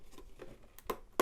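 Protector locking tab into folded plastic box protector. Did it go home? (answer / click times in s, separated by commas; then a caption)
yes / 1.2 s. The last cardboard-like plastic locking tab of a foldable Omnibuddy protector for a Funko Pop collectible box is pushed into its slot. Soft plastic rustling and a few faint ticks around 0.4, 0.8 and 0.9 s lead up to a loud, sharp snap at 1.2 s, when the tab clicks in and the protector is seated.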